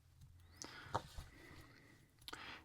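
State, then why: Seated. A plastic part of the Optimus Prime trailer model kit is pressed onto the end of the toy trailer assembly. Faint handling clicks and rustles lead up to a sharp snap at 2.3 s as the piece seats in place.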